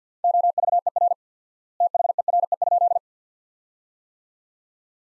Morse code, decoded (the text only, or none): OVER THERE?